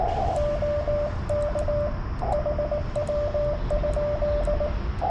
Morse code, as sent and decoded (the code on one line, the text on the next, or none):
--- -.- / .... .-- ..--..
OK HW?